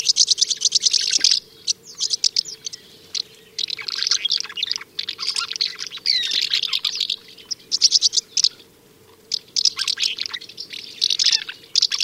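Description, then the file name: Common house martin twittering in dense bursts of dry, chirpy notes separated by short pauses, with a faint steady hum beneath. "Oknówka"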